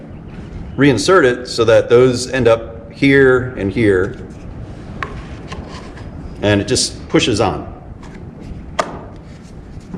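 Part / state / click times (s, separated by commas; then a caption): plastic spool cover going onto a string trimmer head housing / seated / 8.8 s. Someone talks while the plastic cover of a Husqvarna 128LD string trimmer's bump-feed head is pushed back onto the housing over the rewound spool. A sharp snap at 8.8 s marks the cover latching into place, confirming it is seated.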